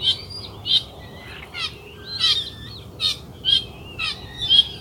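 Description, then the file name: Eurasian coot giving a series of short, sharp calls in fairly quick succession. "Lyska"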